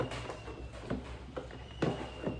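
After a battery replacement, a plastic seat is being fitted onto the body of what is likely a kids' ride-on toy car, with its rear lock hooked into the slot and the seat pressed down. Brief plastic knocks and taps come at about 0.9, 1.4, 1.5 and 1.8 seconds while someone talks. Nothing has seated or locked yet; the seat is still being handled.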